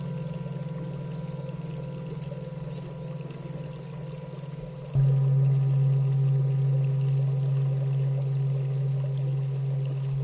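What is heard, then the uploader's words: Tibetan singing bowls hum in a low, sustained drone with a slow, rhythmic wavering throughout. Near the five-second mark a new bowl is struck, and the tone jumps louder and slightly lower, ringing steadily to the end with faint higher overtones above. 西藏頌缽. Tibetan Singing Bowls.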